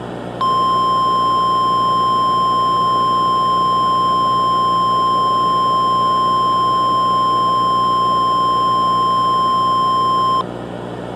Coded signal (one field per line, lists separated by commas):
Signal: Emergency Alert System (SAME) tones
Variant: 1050 Hz attention tone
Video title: Deceit|| EAS Scenario